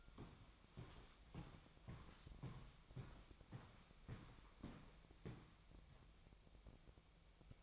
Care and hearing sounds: daily activity, microphone in the room; walk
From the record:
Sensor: 1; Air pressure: 1001.7 hPa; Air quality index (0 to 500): 221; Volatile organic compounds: 29 ppm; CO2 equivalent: 2946 ppm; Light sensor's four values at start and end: 9/33/12/13 and 10/34/12/14

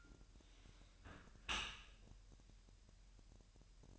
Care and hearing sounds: daily activity, microphone in the room; close dishwasher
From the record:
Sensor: 2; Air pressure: 1000.3 hPa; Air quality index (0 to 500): 244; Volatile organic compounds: 87 ppm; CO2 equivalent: 3665 ppm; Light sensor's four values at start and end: 9/21/8/8 and 9/21/8/8

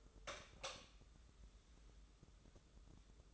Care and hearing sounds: daily activity, microphone in the room; light on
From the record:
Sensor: 3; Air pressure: 995.3 hPa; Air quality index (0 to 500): 83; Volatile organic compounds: 7 ppm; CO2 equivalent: 2009 ppm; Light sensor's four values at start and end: 9/22/9/9 and 12/31/12/12

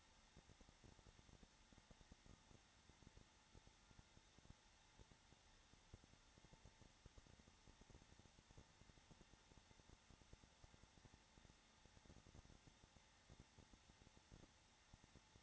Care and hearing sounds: daily activity, microphone in the room; no activity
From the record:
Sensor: 3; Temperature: 21.3 degrees Celsius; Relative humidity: 33.3%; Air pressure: 994.5 hPa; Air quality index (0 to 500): 167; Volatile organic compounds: 3 ppm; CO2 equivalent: 1453 ppm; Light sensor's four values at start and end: 2/3/2/2 and 2/3/2/2

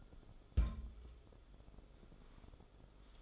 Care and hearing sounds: daily activity, microphone in the room; place on stove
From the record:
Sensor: 5

